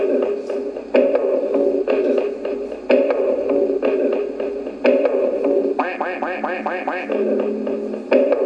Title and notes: audio cassette 1995 1999. ducks. osvaldo cibils